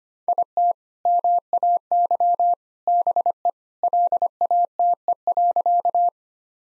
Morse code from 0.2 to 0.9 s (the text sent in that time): IT